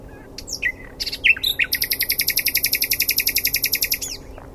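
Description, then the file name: Common nightingale song: a few varied whistled notes, then a fast rattling trill of many rapid repeated chips. "Luscinia megarhynchos"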